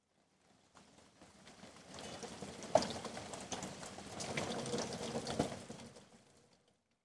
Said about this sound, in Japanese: すごい雨ですね。